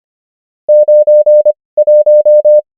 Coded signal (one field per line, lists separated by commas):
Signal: Morse code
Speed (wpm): 25 wpm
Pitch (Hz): 600 Hz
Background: none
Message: 9 1